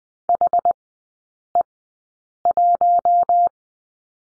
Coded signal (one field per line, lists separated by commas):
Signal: Morse code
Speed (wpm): 20 wpm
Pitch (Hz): 700 Hz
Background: none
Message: HE1